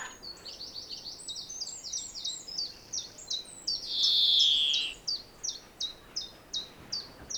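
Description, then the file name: European greenfinch calling: quick bright chirps, busy at first and then evenly spaced, with a single loud nasal wheeze midway. "Chloris chloris"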